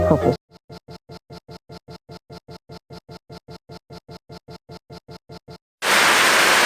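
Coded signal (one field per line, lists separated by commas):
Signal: none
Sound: music beeps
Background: speech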